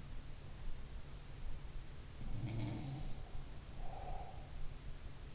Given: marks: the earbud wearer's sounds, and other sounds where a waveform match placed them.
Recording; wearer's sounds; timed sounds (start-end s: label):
sounds in sleep by an in-ear microphone; breath
2.09-3.14 s: sound from someone else or the room
3.74-4.56 s: breath